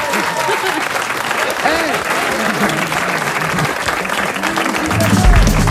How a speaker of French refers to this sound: Je crois qu'on peut les applaudir tous les trois.